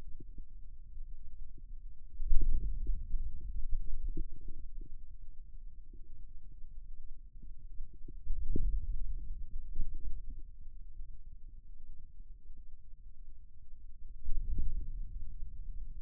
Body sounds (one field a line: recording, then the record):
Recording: forearm muscle sounds (acoustic myography)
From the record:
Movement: radial deviation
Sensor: system 2, bracelet of six BSWA MPA416 microphones around the upper forearm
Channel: 2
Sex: male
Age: 22 years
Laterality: right